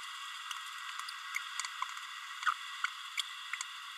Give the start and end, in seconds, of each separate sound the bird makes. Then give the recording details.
3.19-3.21. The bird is a female. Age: 30 days. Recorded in a nest box in Venezuela. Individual 17B32A7